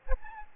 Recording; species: mosquito wingbeat signal from an infrared sensor; Aedes albopictus